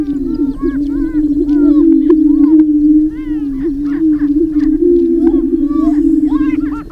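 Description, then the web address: Greater prairie chicken chorus, a continuous low moaning boom beneath repeated bursts of quick, nasal cackling notes that swell and fade throughout. "Laura's Natural Sounds Greater Prairie Chicken"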